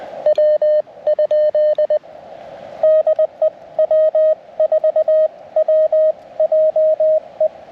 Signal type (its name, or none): Morse code